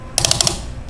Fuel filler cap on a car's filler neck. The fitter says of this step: You'll hear it click.